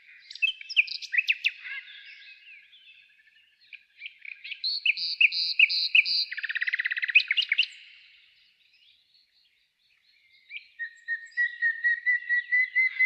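Nightingale song: varied phrases of clicks and whistles, a rhythmic series of doubled notes, a dense buzzy trill, a pause, then repeated rising notes.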